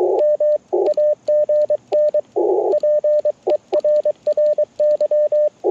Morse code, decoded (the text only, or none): M AGN PERRY